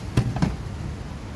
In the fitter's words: สไตล์โนคแล้วล็อกเลยนี่ถือ